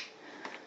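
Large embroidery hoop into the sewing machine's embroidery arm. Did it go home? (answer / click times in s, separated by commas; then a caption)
yes / 0.4 s, 0.5 s. A large plastic embroidery hoop is pushed through and onto the hoop holder of the embroidery arm on a SINGER Futura XL-400 computerized sewing and embroidery machine. Over a steady background hiss, two short clicks sound at about 0.5 s and 0.6 s as the hoop clicks home and is seated.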